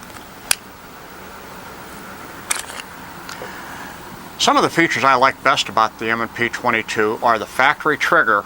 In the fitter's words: the magazine locks in place with very little effort and you can hear a pronounced click